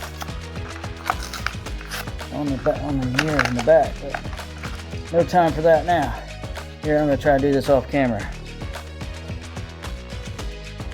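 A part of a diecast toy car, just unboxed, is handled and worked toward its place in the car body while someone talks over background music, with a few short knocks around 0.8 to 1.8 seconds. Nothing has seated or clicked into place yet by the end of the clip.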